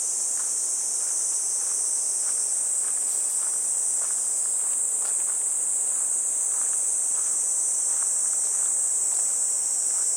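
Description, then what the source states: Cicada chorus, a loud, steady high-pitched shrilling without pause, over quiet footsteps. Recorded walking a riverbank embankment path on a fresh, clear morning, heading toward a weir.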